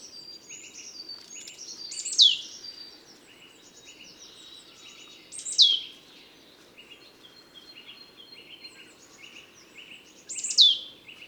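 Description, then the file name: Marsh tit giving three bright, down-slurred calls spaced a few seconds apart, among many thin, high twittering notes, with a faint low hum. "Poecile palustris"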